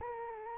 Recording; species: mosquito wingbeat signal from an infrared sensor; Anopheles arabiensis